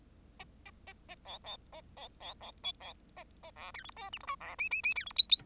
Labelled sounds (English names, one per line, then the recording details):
Bengalese Finch song
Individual Bird10